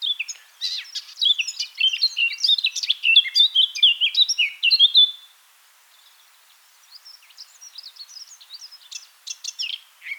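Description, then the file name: Eurasian blackcap song, a busy jumble of scratchy twitters swelling into louder whistled phrases, followed by a short pause and a quieter warble. "Sylvia atricapilla"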